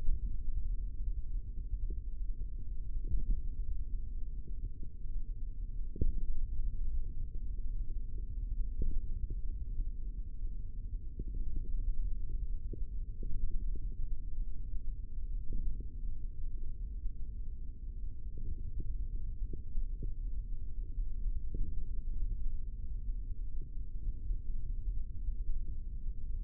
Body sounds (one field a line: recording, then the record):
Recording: forearm muscle sounds (acoustic myography)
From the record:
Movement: finger pinch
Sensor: system 3, bracelet of six PUI Audio POM-2738L microphones around the upper forearm, with dedicated amplification and filtering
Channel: 3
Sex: male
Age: 25 years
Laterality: right